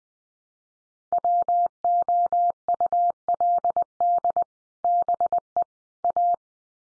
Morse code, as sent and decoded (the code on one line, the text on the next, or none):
.-- --- ..- .-.. -.. / -... . / .-
WOULD BE A